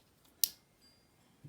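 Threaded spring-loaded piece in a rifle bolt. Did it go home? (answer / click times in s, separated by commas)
yes / 0.4 s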